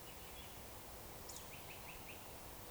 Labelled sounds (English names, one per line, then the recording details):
Eurasian Woodcock whistle
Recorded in Baden-Württemberg, Germany, on 13 June 2020 at 02:21 UTC
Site 43791, 788 m above sea level